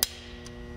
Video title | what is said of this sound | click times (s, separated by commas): How To Inspect, Test, Diagnose and Replace a TPMS Sensor by All Tire Supply | one click I know it's tight I'm going to put my valve cap back on | 0.0 s